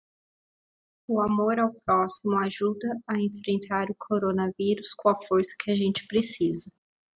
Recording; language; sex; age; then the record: spoken sentence; Brazilian Portuguese; female; 30 to 39 years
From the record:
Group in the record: control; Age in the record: 30 years